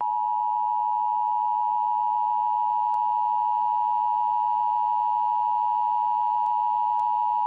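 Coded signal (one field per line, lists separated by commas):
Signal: Emergency Alert System (SAME) tones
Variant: 853 and 960 Hz attention tone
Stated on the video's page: Fictional EAS scenario, a simulated alert.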